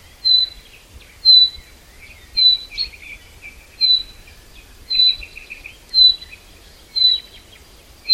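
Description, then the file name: Common chaffinch uttering a short piping whistle about every second, with quieter chirps and a brief trill. "Fringilla coelebs"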